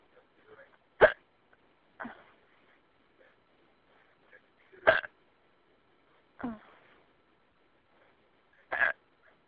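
An adult woman hiccups in a phone message: five abrupt, sharp vocal catches occur over about nine seconds at uneven intervals, each a brief gulping 'hic' with faint murmured sounds between. These are hiccups, sudden involuntary closures of the throat following a diaphragm spasm, heard over a phone line.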